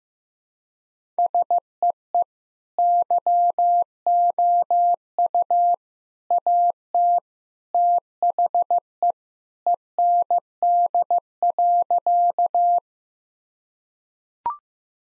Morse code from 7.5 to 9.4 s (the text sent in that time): THE